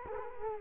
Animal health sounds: mosquito wingbeat signal from an infrared sensor; Culex quinquefasciatus

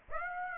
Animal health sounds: mosquito wingbeat signal from an infrared sensor; Aedes aegypti

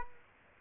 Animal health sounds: mosquito wingbeat signal from an infrared sensor; Culex quinquefasciatus

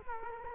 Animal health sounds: mosquito wingbeat signal from an infrared sensor; Culex quinquefasciatus

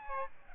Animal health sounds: mosquito wingbeat signal from an infrared sensor; Aedes albopictus

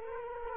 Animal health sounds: mosquito wingbeat signal from an infrared sensor; Culex quinquefasciatus

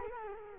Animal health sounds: mosquito wingbeat signal from an infrared sensor; Culex quinquefasciatus

